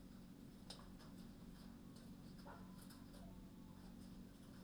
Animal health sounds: poultry house recording; healthy chickens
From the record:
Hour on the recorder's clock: 20

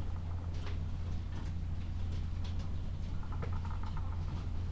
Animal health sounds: poultry house recording; sick chickens (respiratory disease)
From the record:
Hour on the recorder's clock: 12

